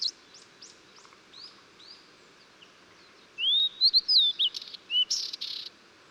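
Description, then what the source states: Blue-and-white flycatcher song: several faint thin upslurred notes, then a phrase of clear whistled notes sliding up and down, ending in a harsh buzzy rasp. Recorded 14 June 2009.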